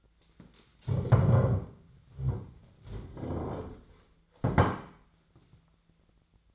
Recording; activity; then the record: daily activity, microphone in the room; stand up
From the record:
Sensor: 3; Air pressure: 1008.1 hPa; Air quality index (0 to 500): 192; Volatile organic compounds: 14 ppm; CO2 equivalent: 2465 ppm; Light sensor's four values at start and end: 13/32/13/13 and 13/31/13/13